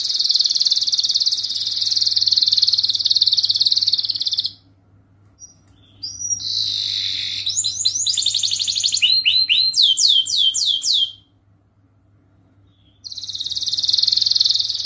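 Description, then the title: Canary singing long buzzy rolls broken by quick, varied chirping trills, with two short silences, over a constant low background hum. Canary singing nonstop ('gacor') with elaborate 'cengkok' phrasing and rich 'isian' fill, for training birds. "Kenari Gacor Cengkok Terbaik Isian Paling Mewah Kenari"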